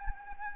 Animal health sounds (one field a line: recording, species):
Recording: mosquito wingbeat signal from an infrared sensor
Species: Anopheles gambiae